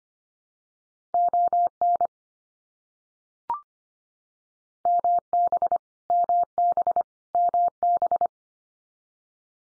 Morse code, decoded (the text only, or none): ON MB MB MB